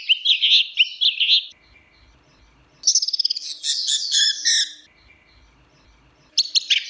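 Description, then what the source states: Orange-headed thrush song: rich warbled phrases with fast trills and chatter, separated by short pauses of near silence. Song style called ngeplong; recording used as master audio for training captive birds.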